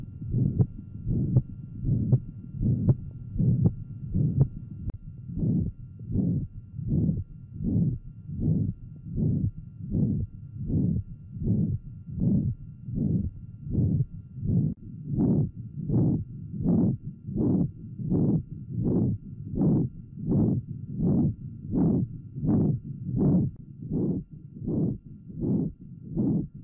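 Adult heart by stethoscope, about 79 beats per minute. High-frequency holosystolic murmur of an acquired ventricular septal defect after myocardial infarction, growing louder moving across the sternum toward the left sternal border and apex. At the apex a third heart sound, an inflow rumble from turbulent flow across the mitral valve, is heard.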